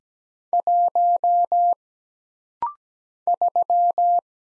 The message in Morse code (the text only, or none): 1 3